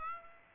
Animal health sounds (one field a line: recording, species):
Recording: mosquito wingbeat signal from an infrared sensor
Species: Aedes aegypti